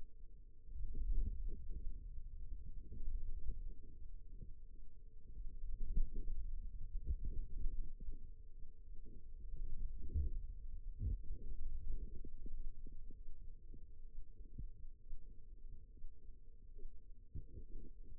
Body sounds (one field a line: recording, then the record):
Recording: forearm muscle sounds (acoustic myography)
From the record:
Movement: radial deviation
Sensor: system 2, bracelet of six BSWA MPA416 microphones around the upper forearm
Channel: 4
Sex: female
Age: 22 years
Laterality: right